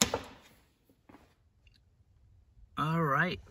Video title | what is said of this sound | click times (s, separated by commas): Cold Feet While Driving | so it's all back in snapped in place | 0.0 s, 0.1 s